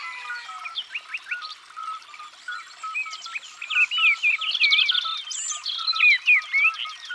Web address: Rougegorge-familier abc-de-la-nature